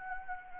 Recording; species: mosquito wingbeat signal from an infrared sensor; Anopheles gambiae